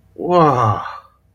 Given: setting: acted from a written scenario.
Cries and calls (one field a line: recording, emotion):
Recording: vocal sound without words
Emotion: awe